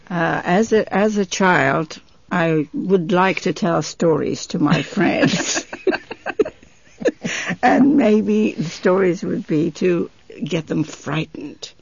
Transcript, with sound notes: As a child, I would like to tell stories to my friends. ( they laugh ) And maybe stories would be to get them frightened.